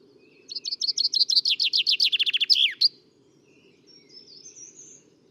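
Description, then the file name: Common chaffinch giving one song, a run of high notes that step down in pitch and end in a flourish, followed by faint thin notes over a low hum. "Fringilla coelebs"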